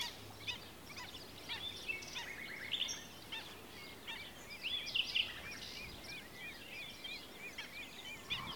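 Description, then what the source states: Birds calling: scattered short chirps and whistled notes, with a series of repeated rising notes near the end, over continuous background noise. Recorded at Comacchio lake.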